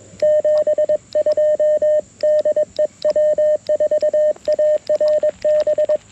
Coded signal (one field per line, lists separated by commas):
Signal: Morse code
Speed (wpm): 21 wpm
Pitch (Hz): 610 Hz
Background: radio noise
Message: 72 DE W4ARB